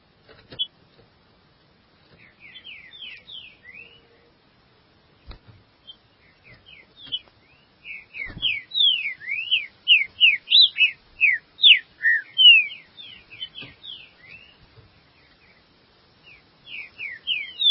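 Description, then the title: Green-winged saltator song building from quiet scattered notes into a loud fast run of sharp down-slurred whistles, then fading and resuming near the end. "Trinca Ferro"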